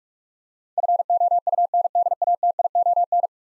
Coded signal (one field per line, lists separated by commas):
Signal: Morse code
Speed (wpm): 44 wpm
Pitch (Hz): 700 Hz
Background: none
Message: FOUNDATION